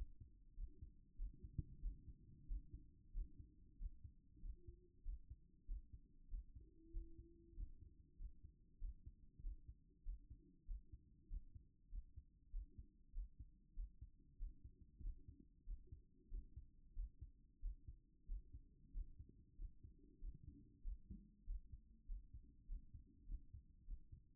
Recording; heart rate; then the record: heart sounds by stethoscope; 96 bpm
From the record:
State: at rest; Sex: male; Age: 25 years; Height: 189 cm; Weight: 101 kg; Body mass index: 28.27